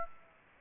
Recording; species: mosquito wingbeat signal from an infrared sensor; Aedes aegypti